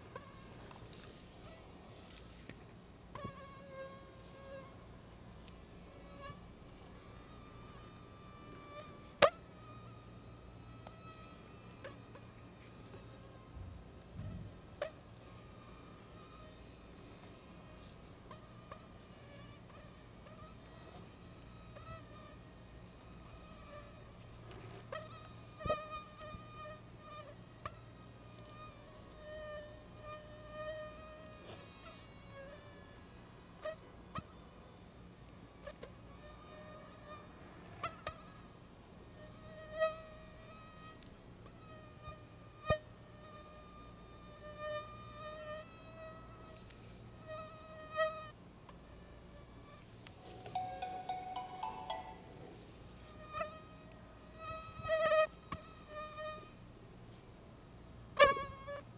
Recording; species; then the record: mosquito flight sound by mobile phone; Aedes albopictus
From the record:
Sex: female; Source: CDC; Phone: Google Nexus